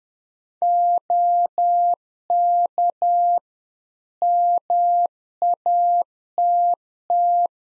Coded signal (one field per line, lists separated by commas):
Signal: Morse code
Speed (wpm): 10 wpm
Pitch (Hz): 700 Hz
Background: none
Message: OK MATT